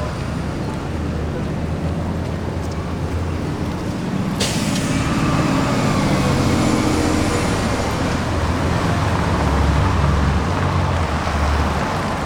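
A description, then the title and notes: Traffic at a city street corner: a steady engine rumble fills the low end throughout. Just past four seconds a sharp hiss of released air cuts in, like a large vehicle's brakes, and the engine noise then swells a little louder as it idles and moves off. Corner of Rideau and Sussex Street.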